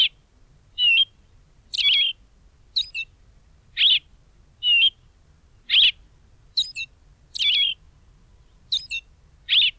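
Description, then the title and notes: Austral thrush giving melodious, high whistled phrases and twittering notes in an irregular, spaced series against near-silence. Bahía Blanca area; the only thrush species found locally; its song is described as melodious and spaced, given mainly at dawn. "Zorzal Patagónico (Turdus falcklandii) Tiene un canto melodioso y espaciado que emite predominantemente al amanecer."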